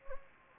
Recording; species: mosquito wingbeat signal from an infrared sensor; Anopheles gambiae